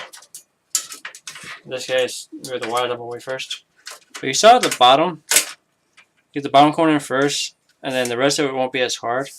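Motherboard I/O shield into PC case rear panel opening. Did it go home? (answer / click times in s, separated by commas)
no / none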